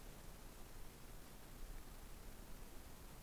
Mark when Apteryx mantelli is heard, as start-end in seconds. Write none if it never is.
none